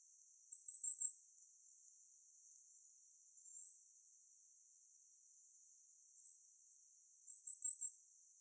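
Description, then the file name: Firecrest calls: thin, very high-pitched notes in three short bursts spread throughout, against a quiet, hissy background. Recorded in Hockley Woods, 11 January 2021, early afternoon (13:58). "firecrest calls good hockley woods 210111"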